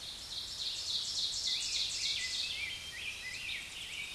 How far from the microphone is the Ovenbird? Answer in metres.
about 40 m